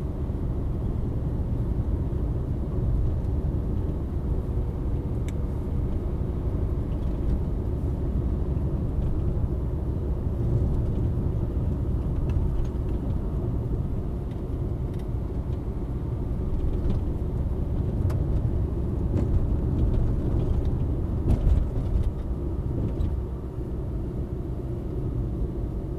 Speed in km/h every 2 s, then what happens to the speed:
54, 54, 53, 54, 53, 53, 50, 50, 52, 54, 55, 50, 49.
0-20 steady at about 53. 20-26 slows to 49.